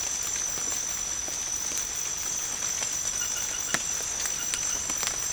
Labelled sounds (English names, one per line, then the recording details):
none
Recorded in pastures near Puerto Asís, Putumayo, Colombia, on 19 March 2025 at 22:30
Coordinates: 0.505, -76.324
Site GP08